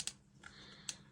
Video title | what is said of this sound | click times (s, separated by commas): The story of the nibbler!!! | You can hear that click. | 0.0 s, 0.1 s, 0.5 s, 0.9 s